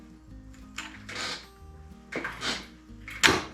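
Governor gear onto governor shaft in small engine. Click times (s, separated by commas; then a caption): 3.3 s. A governor gear assembly with its regulating pin is slid down over the governor shaft of a Kohler Courage SV530 small engine during a governor replacement. Soft sliding and scraping sounds come in bursts. A sharp click at 3.2 s shows the gear has seated in place on the shaft.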